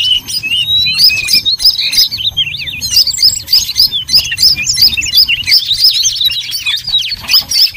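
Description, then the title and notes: Birds chattering nonstop, a crowded mix of bright, looping whistled chirps. Noisy bird chatter, used as a lure to attract birds. "Master Burung Ribut Durasi Panjang. Burung Ribut Pikat"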